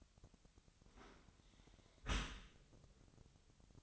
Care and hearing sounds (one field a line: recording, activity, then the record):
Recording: daily activity, microphone in the room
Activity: close dishwasher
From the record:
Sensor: 3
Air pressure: 1003.0 hPa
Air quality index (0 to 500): 197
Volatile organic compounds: 6 ppm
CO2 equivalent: 1920 ppm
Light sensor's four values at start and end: 19/48/20/21 and 19/48/20/21